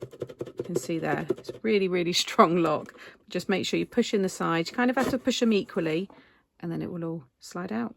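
Someone talks while pushing equally on both sides of a finished cardstock slide box so the tray slides out, handling the card locking tabs of the paper slide box. Faint soft handling sounds sit under the speech. Nothing has seated or clicked yet.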